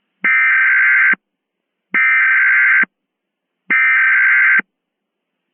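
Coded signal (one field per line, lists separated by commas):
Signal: Emergency Alert System (SAME) tones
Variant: header bursts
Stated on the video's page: Simulated EAS mock using valid SAME tones.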